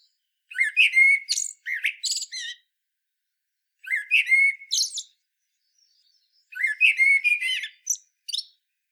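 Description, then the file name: Common blackbird delivering three similar phrases, each a low fluted start breaking into rapid, high-pitched chittering, separated by clear pauses. "Turdus merula"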